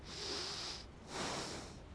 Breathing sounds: one breath in and out by a microphone near the nose and mouth; deep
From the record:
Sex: male

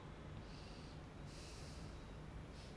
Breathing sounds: one breath in and out by a microphone near the nose and mouth; normal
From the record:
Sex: male

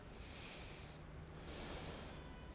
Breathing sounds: one breath in and out by a microphone near the nose and mouth; deep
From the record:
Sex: male

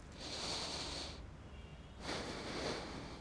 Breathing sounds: one breath in and out by a microphone near the nose and mouth; deep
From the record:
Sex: male

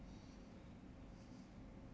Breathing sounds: one breath in and out by a microphone near the nose and mouth; normal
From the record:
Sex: male

